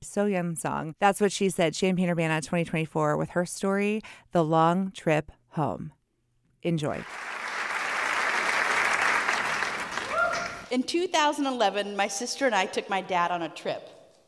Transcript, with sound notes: SoeYun Song, That's What She Said Champaign-Urbana 2024 with her story,"The Long Trip Home." Enjoy.
(applause) In 2011 my sister and I took my dad on a trip.